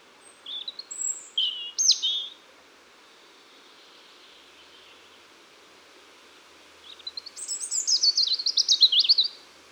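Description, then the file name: European robin song in two phrases: thin high whistles and short slurred notes, a quiet pause of several seconds, then a rapid, jangling, descending cascade of high notes. "Erithacus rubecula"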